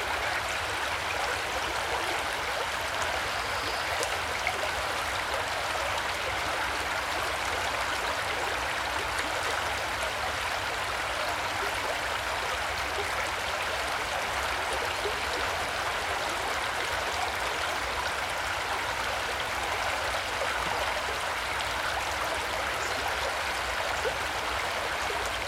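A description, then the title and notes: Steady, dense rush of flowing water, unchanging for the whole stretch, with a soft low rumble running underneath. Stream. This was recorded close to Pye Bridge, Derbyshire at 06:20.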